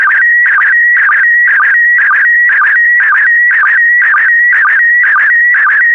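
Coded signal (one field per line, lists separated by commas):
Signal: SSTV (slow-scan television)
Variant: PD120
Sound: steady warbling whistle near 2 kHz with short low blips about twice a second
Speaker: the next image transmission will start in 10 seconds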